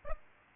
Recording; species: mosquito wingbeat signal from an infrared sensor; Aedes aegypti